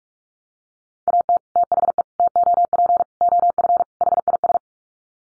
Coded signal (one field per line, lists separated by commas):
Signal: Morse code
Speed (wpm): 44 wpm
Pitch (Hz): 700 Hz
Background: none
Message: AT THE TOP OF HIS